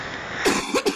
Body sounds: coughing mixed with background sound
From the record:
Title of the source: 64 coughing, allergies, singing lungs

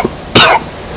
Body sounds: coughing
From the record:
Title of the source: Coughing 60

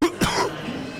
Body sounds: coughing mixed with background sound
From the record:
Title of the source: Coughing 46

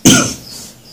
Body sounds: coughing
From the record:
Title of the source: Spring Cold Coughing.

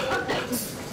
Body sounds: coughing mixed with background sound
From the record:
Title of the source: Barking cough - # 10

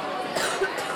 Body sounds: coughing mixed with background sound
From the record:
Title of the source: 34 coughing up crap again

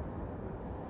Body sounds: background sound without coughing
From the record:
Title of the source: Train Ride Ambience ambient white noise for sleeping, focus, studying, reading

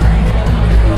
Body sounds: background sound without coughing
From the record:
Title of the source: Party Noise 1 Hour Party Ambience

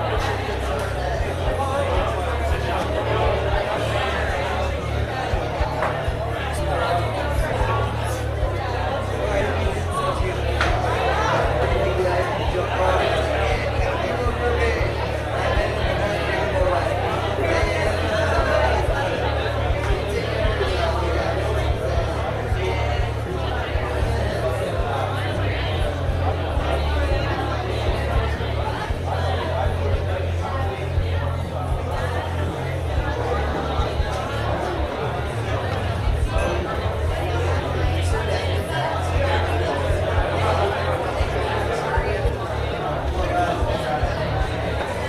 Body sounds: background sound without coughing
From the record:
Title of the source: CITY SOUNDS Busy Bar in the Evening Night - 2 HOURS of Ambiance for Relaxation

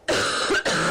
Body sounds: coughing mixed with background sound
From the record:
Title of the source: female coughing - coughing sound effects girl

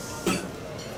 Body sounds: coughing mixed with background sound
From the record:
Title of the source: Residual Phlegmy Morning Coughing and Gagging

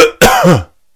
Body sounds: coughing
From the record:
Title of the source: Coughing 51

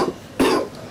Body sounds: coughing mixed with background sound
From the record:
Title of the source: Coughing 77

